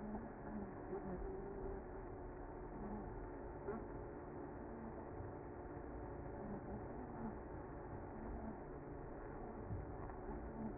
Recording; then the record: honeybee colony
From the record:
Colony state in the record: active